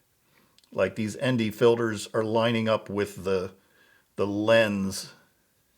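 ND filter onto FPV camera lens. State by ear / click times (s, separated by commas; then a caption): not seated / none. A small plastic iFlight ND filter is pressed onto the FPV camera lens of a DJI O4 Air Unit Pro, with its logo lined up at the top, while someone talks throughout. There is only a faint tick near 0.6 s before the speech. The filter does not line up with the lens and nothing has seated or clicked yet, apparently because of a manufacturing issue.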